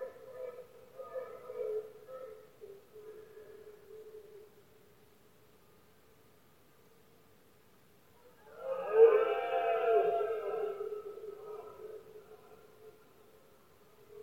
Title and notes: Paisaje sonoro: Berrea #04. berrea del ciervo. brama del ciervo. los poderosos bramidos de los ciervos machos